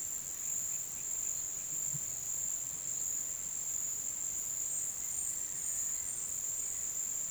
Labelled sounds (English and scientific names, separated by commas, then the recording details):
none
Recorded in pastures near Puerto Asís, Putumayo, Colombia, on 22 June 2025 at 09:00
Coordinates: 0.486, -76.323
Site H29